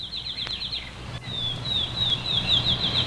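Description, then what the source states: Field Sparrow song: a series of high, sweet, slurred whistled notes, with a low steady hum in the background. Heard at the edge of a meadow; described as a more musical song.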